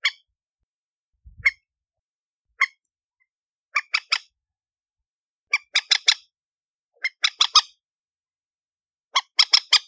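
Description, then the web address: Chicken giving harsh squawks, first singly, then in runs of three or four repeated every couple of seconds. "aswat Dajaj Alma"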